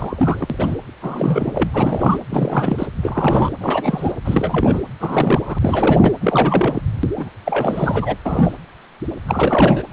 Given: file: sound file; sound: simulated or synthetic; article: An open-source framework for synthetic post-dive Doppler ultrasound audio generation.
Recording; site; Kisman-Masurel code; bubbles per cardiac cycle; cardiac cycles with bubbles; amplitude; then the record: Doppler ultrasound audio after a dive; precordial; 332; rolling drumbeat, over 9; 50–99%; moderate amplitude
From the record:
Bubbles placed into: full cardiac cycles